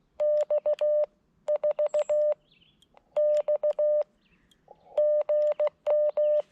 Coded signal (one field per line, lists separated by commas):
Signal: Morse code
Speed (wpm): 16 wpm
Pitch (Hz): 600 Hz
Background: none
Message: X 4 X GM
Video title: CW POTA at K-5322 Sugar Hill State Forest with the FX-4CR transceiver